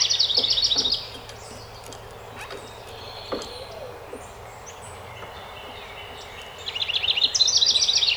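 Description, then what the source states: House wren song: a quick bubbling trill at the start and a longer rattling trill at the end, with a quiet gap of faint bird calls between. Recorded 12 May 2018.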